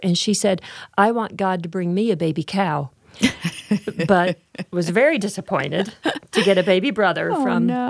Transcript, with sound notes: And she said, “I want God to bring me a baby cow.” (laughter) But was very disappointed to get a baby brother from